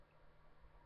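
The plastic heel piece under the foot of an Age of Extinction Voyager Galvatron action figure is being handled as it is flipped out to lock into place. Only quiet, steady low-level noise with faint low rumbles is heard, with no sharp transients. Nothing has clicked or seated yet.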